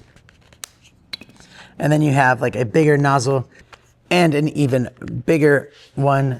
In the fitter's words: They twist on and snap into place, but now you have that wider one there.